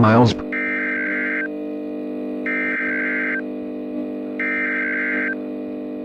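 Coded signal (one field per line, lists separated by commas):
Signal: Emergency Alert System (SAME) tones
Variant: header bursts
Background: speech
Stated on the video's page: Fictional EAS scenario, a simulated blizzard warning, not a real alert.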